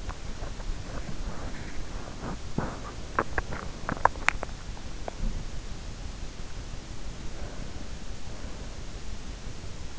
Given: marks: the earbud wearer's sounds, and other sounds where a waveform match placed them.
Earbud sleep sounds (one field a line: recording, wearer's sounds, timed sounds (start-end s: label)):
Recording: sounds in sleep by an in-ear microphone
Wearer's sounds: teeth grinding, swallowing, breath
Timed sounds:
0.00-3.07 s: teeth grinding
3.07-5.35 s: swallowing
7.01-8.34 s: breath